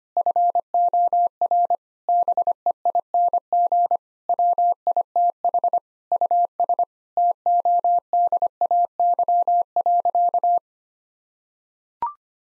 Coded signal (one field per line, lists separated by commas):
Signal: Morse code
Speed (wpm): 25 wpm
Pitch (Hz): 700 Hz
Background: none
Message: FOR BEING WITH US TODAY.